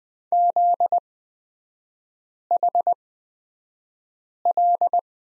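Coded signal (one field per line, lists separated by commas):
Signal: Morse code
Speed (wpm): 20 wpm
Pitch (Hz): 700 Hz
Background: none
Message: ZHL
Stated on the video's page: Morse course lesson on the letter Z with three-character groups, Farnsworth spacing of 20/10 wpm.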